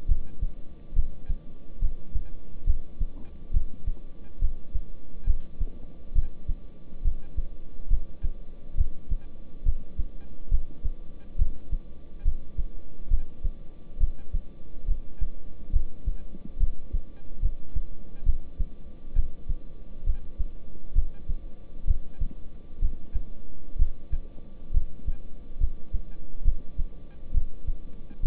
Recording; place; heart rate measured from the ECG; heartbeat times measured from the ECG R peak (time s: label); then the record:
heart sounds by stethoscope; between the tricuspid and mitral areas; 68 bpm
0.09 s: heartbeat
0.96 s: heartbeat
1.82 s: heartbeat
2.67 s: heartbeat
3.54 s: heartbeat
4.42 s: heartbeat
5.27 s: heartbeat
6.15 s: heartbeat
7.05 s: heartbeat
7.90 s: heartbeat
8.78 s: heartbeat
9.66 s: heartbeat
10.51 s: heartbeat
11.39 s: heartbeat
12.25 s: heartbeat
13.11 s: heartbeat
14.01 s: heartbeat
14.88 s: heartbeat
15.73 s: heartbeat
16.60 s: heartbeat
17.43 s: heartbeat
18.26 s: heartbeat
19.16 s: heartbeat
20.07 s: heartbeat
20.96 s: heartbeat
21.88 s: heartbeat
22.82 s: heartbeat
23.79 s: heartbeat
24.74 s: heartbeat
25.61 s: heartbeat
26.45 s: heartbeat
27.34 s: heartbeat
28.23 s: heartbeat
From the record:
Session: rest, lying down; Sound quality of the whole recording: good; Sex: male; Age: 26 years